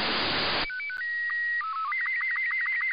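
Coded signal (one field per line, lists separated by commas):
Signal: SSTV (slow-scan television)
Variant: Robot 36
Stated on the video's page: Received via satellite IO-86 voice repeater using RTL SDR with QFH antenna, receive only.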